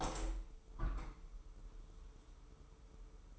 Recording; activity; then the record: daily activity, microphone in the room; open window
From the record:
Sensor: 1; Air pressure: 995.8 hPa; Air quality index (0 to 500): 54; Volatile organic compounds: 2 ppm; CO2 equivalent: 1016 ppm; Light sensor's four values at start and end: 30/104/40/41 and 30/104/40/42